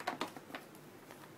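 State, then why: Not seated. A plastic Power Rangers Ninja Steel Lion Fire Fortress zord part is handled and pushed against another part of the toy while being combined into the robot, producing brief plastic knocks near 0.1, 0.2 and 0.6 seconds over quiet background noise. The part has not seated or clicked into place yet; the click that shows it is secure has not happened.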